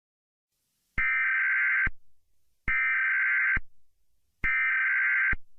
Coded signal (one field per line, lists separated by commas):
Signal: Emergency Alert System (SAME) tones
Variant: header bursts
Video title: (READ DESC!) Zombie EAS Scenario: Undead (Ft. Global EAS)